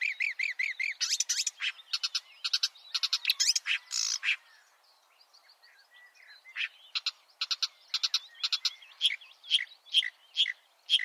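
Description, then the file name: Marsh warbler singing a varied, hurried chatter of scratchy and whistled phrases, a brief lull near the middle, then rapid sharp notes resume. "suara-kicauan-burung-marsh-warbler -omkicau"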